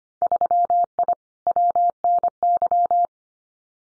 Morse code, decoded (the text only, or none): 3I WNY